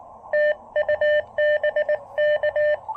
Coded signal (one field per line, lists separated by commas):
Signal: Morse code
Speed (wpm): 20 wpm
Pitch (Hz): 590 Hz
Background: none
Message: TU BK